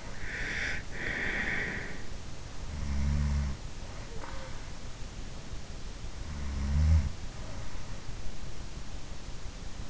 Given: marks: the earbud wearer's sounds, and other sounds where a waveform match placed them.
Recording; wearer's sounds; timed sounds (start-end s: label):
sounds in sleep by an in-ear microphone; breath
0.00-2.15 s: breath
2.82-3.74 s: sound from someone else or the room
6.05-7.38 s: sound from someone else or the room